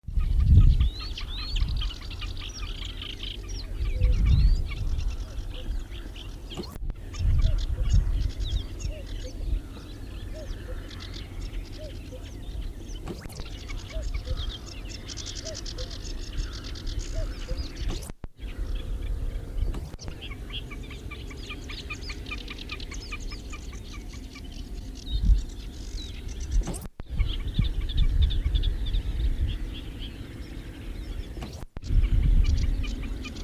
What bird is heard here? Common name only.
Common Snipe